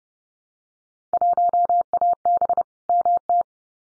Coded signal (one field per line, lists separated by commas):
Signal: Morse code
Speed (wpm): 30 wpm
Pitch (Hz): 700 Hz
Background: none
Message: 1AB MT